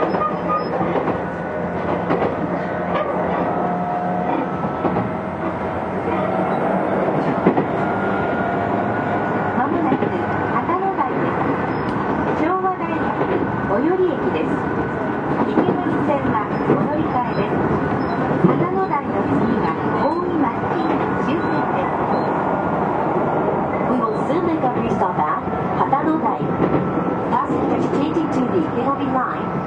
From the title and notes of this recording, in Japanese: 東急6000系 あざみ野〜大井町。田園都市線から大井町線に直通する急行大井町行を録音。二子玉川から大井町線に入る。